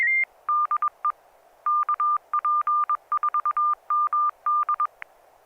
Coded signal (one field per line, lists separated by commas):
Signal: Morse code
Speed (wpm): 21 wpm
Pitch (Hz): 1200 Hz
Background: none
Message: DE KP4MD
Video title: N6NA SSTV Net - 10/14/2020